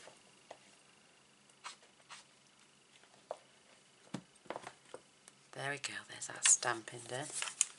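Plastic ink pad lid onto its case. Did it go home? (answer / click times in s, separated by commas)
no / none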